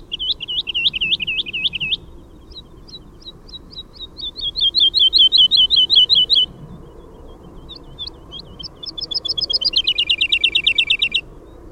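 Woodlark singing in three liquid trilled phrases of quick looping notes, separated by scattered single notes; soft rumble underneath.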